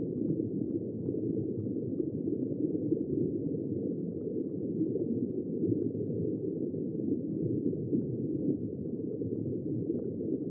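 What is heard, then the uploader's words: Ocean water heard as a steady, muffled low rumble, dense and unbroken across the whole stretch, with almost nothing bright above it. Faint churning and gurgling textures ripple within the low wash, giving a sense of being underwater or beneath moving current. The tranquil waters and soothing sounds of the East Australian Current.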